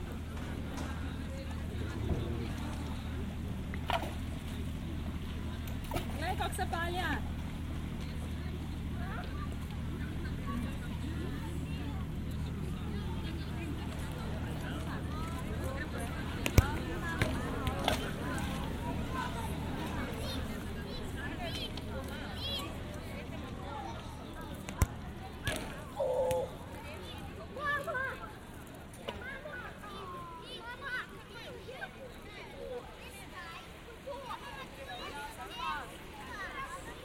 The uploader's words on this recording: Generative soundscape based on a two-dimensional random walk between four binaural soundscapes recorded in Piran (Slovenia). Beach scene with mother and child.